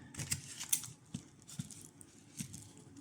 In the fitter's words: and just snap it into place until hear that snap hear that snap then and again and again